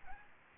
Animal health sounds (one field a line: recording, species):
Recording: mosquito wingbeat signal from an infrared sensor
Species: Aedes albopictus